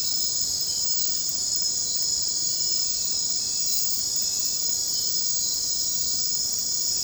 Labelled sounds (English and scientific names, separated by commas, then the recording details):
none
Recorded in secondary vegetation near Puerto Asís, Putumayo, Colombia, on 9 March 2025 at 02:30
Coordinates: 0.484, -76.319
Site G010